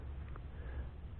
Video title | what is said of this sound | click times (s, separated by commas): Part 3 of LMC5 install | was a small click noise I'm going to tug on it a little bit doesn't | 0.3 s, 0.4 s